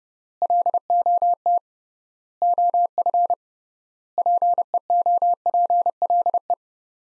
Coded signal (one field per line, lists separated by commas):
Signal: Morse code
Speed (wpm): 30 wpm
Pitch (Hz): 700 Hz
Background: none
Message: LOT OF PEOPLE